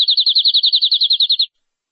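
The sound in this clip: Canary song: a single high rolling trill of many even pulses lasting about a second and a half, then silence.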